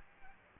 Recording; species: mosquito wingbeat signal from an infrared sensor; Culex pipiens